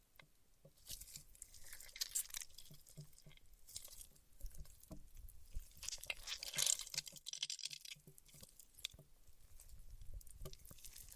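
Paraffin wax being peeled, tapped and scratched, with dense crackly scraping bursts and scattered sharp taps throughout, loudest around six to seven seconds.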